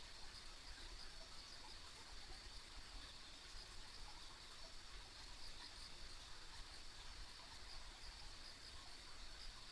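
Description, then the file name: Insects chirp and trill continuously in a high band, scattered pulses standing out above a dull low background rumble. Ambient insect sounds on a rural country road. "田舎道の虫の環境音"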